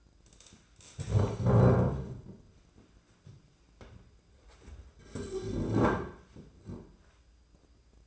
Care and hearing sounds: daily activity, microphone in the room; stand up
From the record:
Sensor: 2

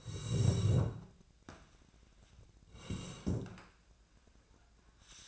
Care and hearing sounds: daily activity, microphone in the room; sit down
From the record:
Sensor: 2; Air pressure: 1012.1 hPa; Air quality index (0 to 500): 158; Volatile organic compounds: 2 ppm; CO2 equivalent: 1160 ppm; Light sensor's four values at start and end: 38/94/41/47 and 65/165/71/90

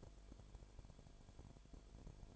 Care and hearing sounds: daily activity, microphone in the room; no activity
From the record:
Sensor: 5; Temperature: 19.9 degrees Celsius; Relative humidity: 35.6%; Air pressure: 1003.4 hPa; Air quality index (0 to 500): 56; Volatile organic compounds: 1 ppm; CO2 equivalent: 634 ppm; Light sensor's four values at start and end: 2/3/1/1 and 2/3/1/1

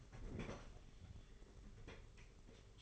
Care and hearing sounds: daily activity, microphone in the room; open fridge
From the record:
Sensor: 4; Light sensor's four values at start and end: 19/61/23/23 and 19/60/23/23

